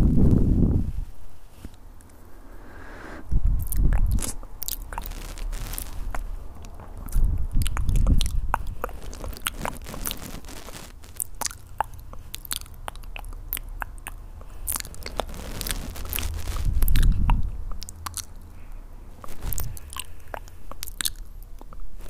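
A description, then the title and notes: Mouth sounds: wet chewing and crunchy bites with sharp clicks and crackles scattered throughout, packed densely from about three seconds on. Deeper thumps of biting land near the start and around 4, 8 and 17 seconds, over a quiet background. ASMR mouth sound.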